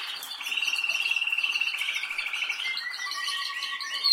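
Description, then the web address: Canary song with a pulsing, rapid roll that slowly descends, shifting into a low, steady whistled tone with faint chirps above. "Golchin Best Canari Seda Canari. Niyaz Music)"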